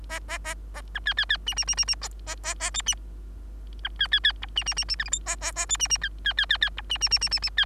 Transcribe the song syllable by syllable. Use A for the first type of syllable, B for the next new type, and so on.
A A A A B C C C D D D D D A A A A E D B C C C F D D D D G H I A A A E D D C C C C C F D D D D D D C